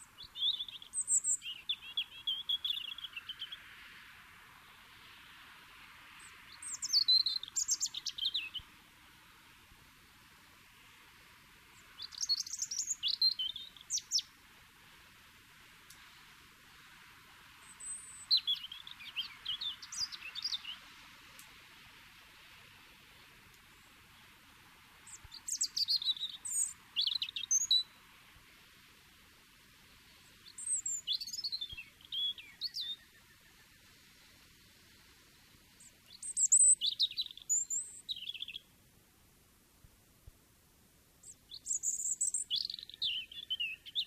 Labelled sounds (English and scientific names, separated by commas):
European Robin (Erithacus rubecula) song